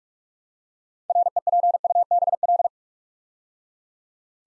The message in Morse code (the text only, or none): REPUBL